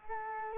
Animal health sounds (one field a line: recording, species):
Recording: mosquito wingbeat signal from an infrared sensor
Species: Culex quinquefasciatus